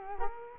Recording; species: mosquito wingbeat signal from an infrared sensor; Culex quinquefasciatus